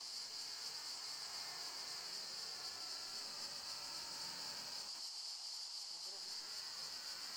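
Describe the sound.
Cicada song, a steady unbroken high buzz held throughout, with a faint hiss of background noise underneath.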